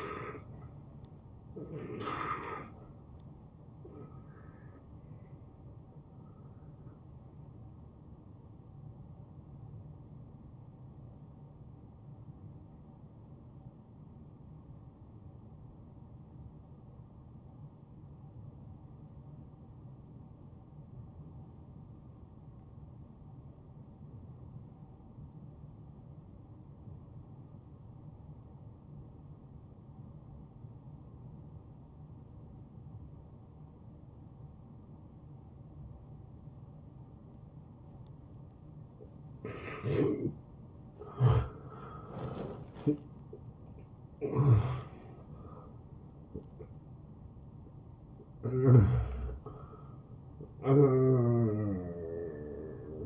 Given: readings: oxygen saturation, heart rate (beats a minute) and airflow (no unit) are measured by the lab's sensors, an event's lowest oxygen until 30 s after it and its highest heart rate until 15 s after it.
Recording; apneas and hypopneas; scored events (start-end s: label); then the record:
breathing in sleep by a smartphone at the bedside; 1
8.00-41.00 s: hypopnea (N1, oxygen 93% highest, then 83% lowest, heart rate 76 at the start, 86 highest)
22.00-52.00 s: new sleep stage, N2 (light sleep)
52.00-53.06 s: new sleep stage, N1 (lightest sleep)
From the record:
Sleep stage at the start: N1 (lightest sleep); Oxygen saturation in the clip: 84 to 94%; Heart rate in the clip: 68 to 86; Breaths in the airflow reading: 8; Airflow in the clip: -18.4 to 10.1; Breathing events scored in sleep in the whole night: 263 in 5.5 hours asleep